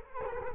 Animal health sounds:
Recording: mosquito wingbeat signal from an infrared sensor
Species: Culex quinquefasciatus

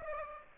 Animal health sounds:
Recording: mosquito wingbeat signal from an infrared sensor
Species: Aedes aegypti

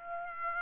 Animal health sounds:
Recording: mosquito wingbeat signal from an infrared sensor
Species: Aedes aegypti

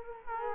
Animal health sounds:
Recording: mosquito wingbeat signal from an infrared sensor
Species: Culex quinquefasciatus

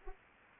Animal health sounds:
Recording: mosquito wingbeat signal from an infrared sensor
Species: Anopheles arabiensis

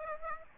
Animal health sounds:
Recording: mosquito wingbeat signal from an infrared sensor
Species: Aedes aegypti

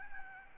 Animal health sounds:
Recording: mosquito wingbeat signal from an infrared sensor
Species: Aedes albopictus

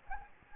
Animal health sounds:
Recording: mosquito wingbeat signal from an infrared sensor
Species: Anopheles gambiae

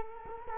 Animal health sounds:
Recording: mosquito wingbeat signal from an infrared sensor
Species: Culex quinquefasciatus

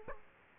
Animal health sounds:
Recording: mosquito wingbeat signal from an infrared sensor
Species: Aedes aegypti

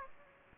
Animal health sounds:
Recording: mosquito wingbeat signal from an infrared sensor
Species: Aedes aegypti

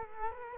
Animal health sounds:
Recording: mosquito wingbeat signal from an infrared sensor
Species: Culex quinquefasciatus

